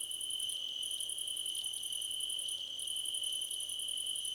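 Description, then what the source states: Crickets in chorus: a continuous high trill overlaid by rapid pulsed chirp trains that stop briefly twice before resuming. Several crickets chirping together, described as a choir competition.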